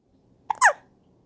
Hiccup.